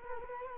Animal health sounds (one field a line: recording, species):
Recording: mosquito wingbeat signal from an infrared sensor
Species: Culex quinquefasciatus